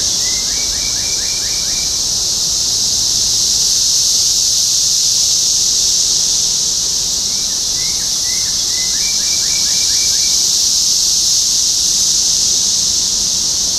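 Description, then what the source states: Cicadas in a constant high buzzing chorus, with two short bursts of a small bird's quick repeated chirps in the background. Topeka, Kansas, 14 June 2015.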